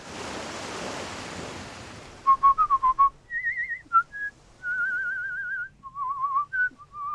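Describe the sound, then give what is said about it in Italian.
A rush of surf-like noise fades, then someone whistles a wandering tune: quick short chirps, then long wavering notes and a trill, clear and fairly loud, with no talking. “ma lei è così, come gli uccelli, arriva, si posa, fischia e se ne va.”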